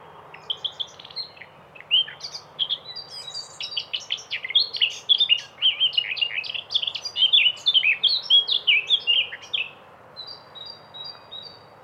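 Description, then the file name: Eurasian blackcap song: a long, rapid warbling phrase of mixed fluty and scratchy notes, ending with a few thin high notes. "moenchsgrasmuecke"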